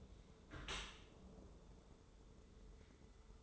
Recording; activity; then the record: daily activity, microphone in the room; close dishwasher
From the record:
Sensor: 3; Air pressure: 1014.9 hPa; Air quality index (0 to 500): 35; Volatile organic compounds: 1 ppm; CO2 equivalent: 562 ppm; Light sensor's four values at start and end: 11/26/11/11 and 11/26/11/11